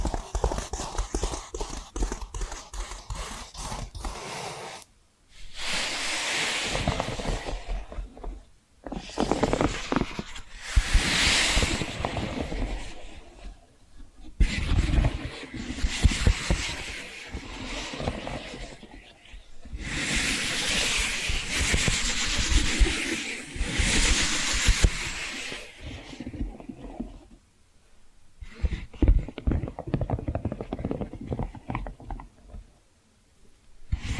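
Hypnotic tapping and scratching that runs in bursts of several seconds, broken by short silent gaps near 5, 9, 14, 19 and 27 seconds. Quick, dense taps mix with bright, hissy scratching, and the louder stretches swell and fade unevenly.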